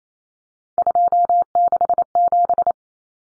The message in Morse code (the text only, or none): 267